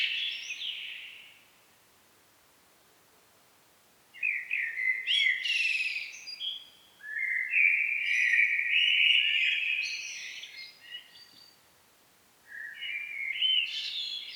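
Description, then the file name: Common blackbird singing several warbled phrases mixed with higher squeaky twitters, with quiet gaps between them. "Turdus merula"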